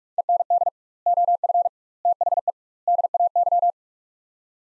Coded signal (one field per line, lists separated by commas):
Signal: Morse code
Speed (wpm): 46 wpm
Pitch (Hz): 700 Hz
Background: none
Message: END OF THE DAY